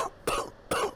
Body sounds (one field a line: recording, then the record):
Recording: coughing mixed with background sound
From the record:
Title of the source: Coughing 79